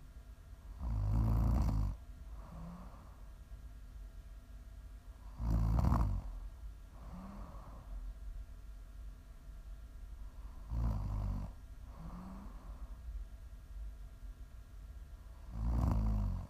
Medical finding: Prime ASMR snoring.